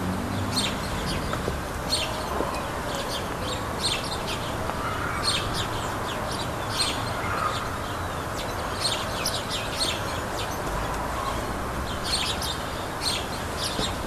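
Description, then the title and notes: Great tit song, sharp high notes repeated in short phrases throughout over steady low background noise. Great tit's spring call, recorded together with a bumblebee. "Hummel Und Kohlmeise. Audioaufnahme einer Hummel +dem "Frühlingsruf der Kohlmeise""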